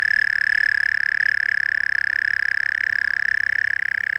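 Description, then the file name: European mole cricket producing a continuous, monotonous churring trill with a rapid pulsing texture that runs throughout without a break. "Gryllotalpa gryllotalpa"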